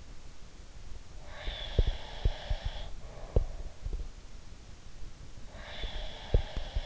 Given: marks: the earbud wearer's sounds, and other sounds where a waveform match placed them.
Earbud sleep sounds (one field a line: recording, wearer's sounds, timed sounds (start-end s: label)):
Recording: sounds in sleep by an in-ear microphone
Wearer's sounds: breath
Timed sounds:
1.23-3.77 s: breath
1.44-4.07 s: sound from someone else or the room
5.48-6.86 s: breath
5.79-6.86 s: sound from someone else or the room